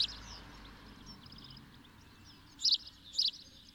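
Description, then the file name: House sparrow calls, two sharp chirps near the end after a stretch of faint twittering and steady background hiss. "Passer domesticus"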